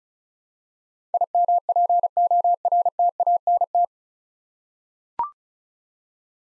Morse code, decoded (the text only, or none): IMPORTANT